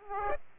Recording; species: mosquito wingbeat signal from an infrared sensor; Aedes aegypti